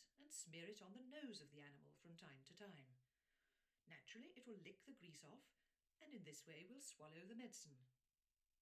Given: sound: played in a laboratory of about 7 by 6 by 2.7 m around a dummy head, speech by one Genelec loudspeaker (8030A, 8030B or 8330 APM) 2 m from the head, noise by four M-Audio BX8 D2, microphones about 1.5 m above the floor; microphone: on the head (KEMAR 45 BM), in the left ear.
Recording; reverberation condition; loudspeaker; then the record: female speech in English; low; in front (0 degrees)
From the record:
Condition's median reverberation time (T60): about 310 ms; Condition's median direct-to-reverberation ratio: about 3.5 dB